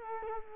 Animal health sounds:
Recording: mosquito wingbeat signal from an infrared sensor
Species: Culex quinquefasciatus

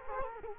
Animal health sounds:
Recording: mosquito wingbeat signal from an infrared sensor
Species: Culex quinquefasciatus

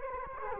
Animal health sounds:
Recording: mosquito wingbeat signal from an infrared sensor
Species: Culex quinquefasciatus

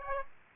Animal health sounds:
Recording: mosquito wingbeat signal from an infrared sensor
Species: Aedes aegypti

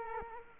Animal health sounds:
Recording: mosquito wingbeat signal from an infrared sensor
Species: Culex quinquefasciatus

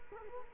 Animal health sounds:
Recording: mosquito wingbeat signal from an infrared sensor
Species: Culex quinquefasciatus

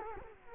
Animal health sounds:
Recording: mosquito wingbeat signal from an infrared sensor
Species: Culex quinquefasciatus

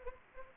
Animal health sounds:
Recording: mosquito wingbeat signal from an infrared sensor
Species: Anopheles arabiensis

